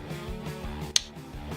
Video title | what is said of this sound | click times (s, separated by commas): SRK #005 - Suisei - Space Rengo Kantai - Shipborne Bomber - Suyata 1/48 Kit | Oh, it does snap. | 1.0 s